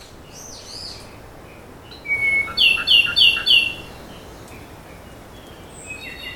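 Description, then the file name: Ryukyu robin song phrase: a sliding note, then four quick down-slurred whistles repeated about three times a second, with faint high calls around it and steady background hiss. Recorded on Nakanoshima, 25 May 2025. "akahige 20250525 nakanoshima sekishinichi"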